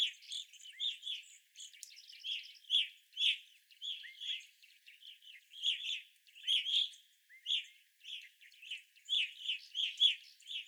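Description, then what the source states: Evening grosbeak calls, bright chirps repeated at irregular intervals, with softer chatter in the background. Several evening grosbeaks, recorded on 25 April 2021.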